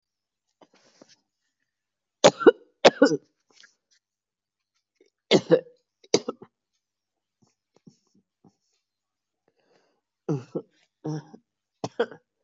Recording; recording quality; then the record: heavy voluntary cough; excellent, no background noise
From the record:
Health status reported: COVID-19 positive, moderate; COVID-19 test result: positive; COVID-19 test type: RT-PCR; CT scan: not taken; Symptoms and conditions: cough, cold, sore throat, fever, fatigue, muscle pain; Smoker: no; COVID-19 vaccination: both doses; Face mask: worn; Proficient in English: yes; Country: India